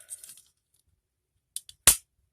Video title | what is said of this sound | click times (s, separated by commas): Transformers encore big concoy matrix Buster Ver. | know give you a nice satisfying click and now | 1.9 s